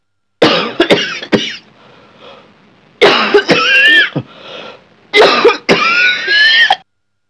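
An adult coughing in three separate bouts, each a run of harsh, broadband coughs.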